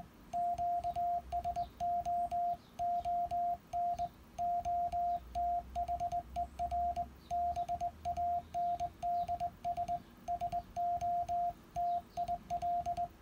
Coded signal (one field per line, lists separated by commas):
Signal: Morse code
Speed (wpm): 20 wpm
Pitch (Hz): 700 Hz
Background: radio noise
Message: QSO ON OTHER BANDS SO TIL